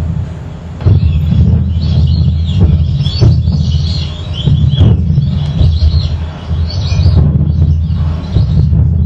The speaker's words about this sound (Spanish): Yo diría que están jugando, y realmente creo que están jugando, pato cano blanca y cocoroba.